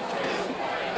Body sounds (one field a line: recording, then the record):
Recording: coughing mixed with background sound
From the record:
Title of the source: Coughing 77